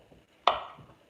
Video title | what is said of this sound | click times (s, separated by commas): Holiday Gin & Spin live | and then they just lock into place. | 0.5 s